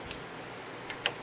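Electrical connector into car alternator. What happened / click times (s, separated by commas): The electrical connector snapped into place / 1.1 s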